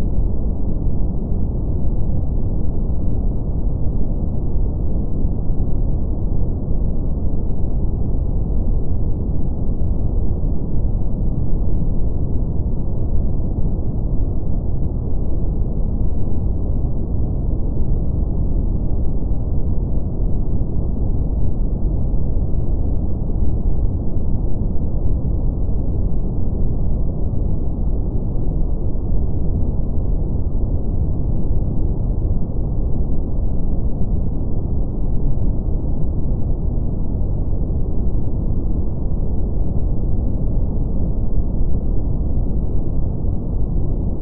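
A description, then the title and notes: Brown noise plays as a steady, dense rumble, deep and muffled, with nothing above a low-middle range. It holds an even loudness for the whole stretch, with no events or changes, like an engine or heavy wind. Brown Noise.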